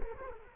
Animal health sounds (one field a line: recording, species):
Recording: mosquito wingbeat signal from an infrared sensor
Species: Culex quinquefasciatus